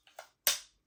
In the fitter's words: Clicks right in. Perfect.